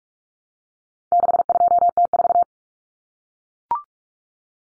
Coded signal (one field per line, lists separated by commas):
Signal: Morse code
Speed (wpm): 44 wpm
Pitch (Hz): 700 Hz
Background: none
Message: 62T4